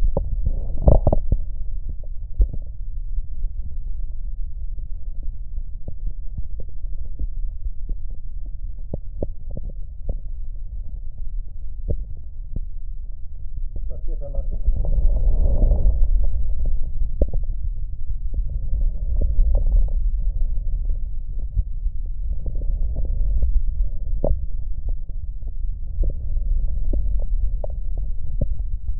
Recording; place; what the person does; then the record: lung sounds by stethoscope; right posterior basal chest; quiet breathing, then deep breathing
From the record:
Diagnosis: pulmonary infection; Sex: male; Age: 74 years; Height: 171 cm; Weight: 80 kg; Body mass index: 27.4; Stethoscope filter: extended mode